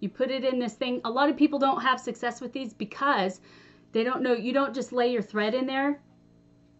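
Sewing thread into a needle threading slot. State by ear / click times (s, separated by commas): not seated / none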